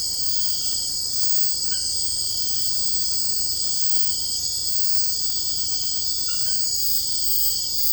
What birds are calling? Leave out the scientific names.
none